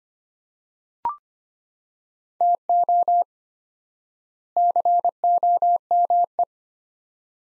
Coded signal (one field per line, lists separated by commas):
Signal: Morse code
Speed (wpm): 25 wpm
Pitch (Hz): 700 Hz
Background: none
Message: TO COME